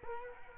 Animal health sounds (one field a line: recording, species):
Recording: mosquito wingbeat signal from an infrared sensor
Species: Culex quinquefasciatus